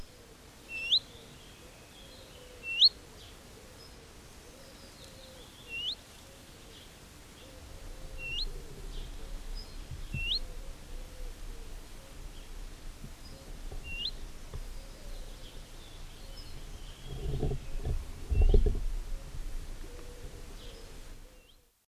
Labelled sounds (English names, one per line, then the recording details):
Willow Warbler alarm call
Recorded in the wild
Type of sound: alarm call
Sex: pair
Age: adult
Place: Schloß Holte-Stukenbrock, Senne, Nordrhein-Westfalen, DE
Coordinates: 51.8606, 8.65611
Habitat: edge of the woods
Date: 1967-06-04
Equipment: Uher 4000 Report-S, Bändchenmikro Beyer M 260, Parabolspiegel Polyester (470 mm)
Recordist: Conrads, Klaus
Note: Waldecke nahe Gärtnerei (Furlbach-Gebiet). Paar: Warnrufe